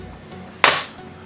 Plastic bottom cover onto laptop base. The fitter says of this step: press it snaps it snaps in looking